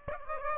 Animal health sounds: mosquito wingbeat signal from an infrared sensor; Aedes aegypti

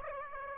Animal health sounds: mosquito wingbeat signal from an infrared sensor; Aedes aegypti

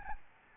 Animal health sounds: mosquito wingbeat signal from an infrared sensor; Aedes albopictus

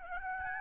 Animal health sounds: mosquito wingbeat signal from an infrared sensor; Aedes albopictus

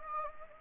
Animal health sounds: mosquito wingbeat signal from an infrared sensor; Anopheles gambiae

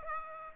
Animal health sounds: mosquito wingbeat signal from an infrared sensor; Aedes aegypti

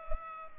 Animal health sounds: mosquito wingbeat signal from an infrared sensor; Culex pipiens

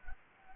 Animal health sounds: mosquito wingbeat signal from an infrared sensor; Anopheles gambiae

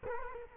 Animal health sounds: mosquito wingbeat signal from an infrared sensor; Culex quinquefasciatus

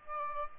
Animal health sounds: mosquito wingbeat signal from an infrared sensor; Aedes aegypti

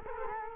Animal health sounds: mosquito wingbeat signal from an infrared sensor; Culex quinquefasciatus

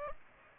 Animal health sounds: mosquito wingbeat signal from an infrared sensor; Aedes aegypti

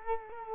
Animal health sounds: mosquito wingbeat signal from an infrared sensor; Culex quinquefasciatus

